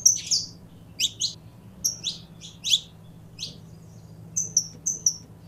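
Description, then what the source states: Belgian canary mixing descending chirps with a closing series of short, evenly spaced high whistles; a quiet low hum underneath. Pure Belgian canary breed.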